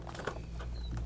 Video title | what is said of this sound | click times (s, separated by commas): 📦GB148 Golden Buzzaround Extreme Scooter Unboxing Tutorial | click right into those holes on the basket. And that's it. | 0.3 s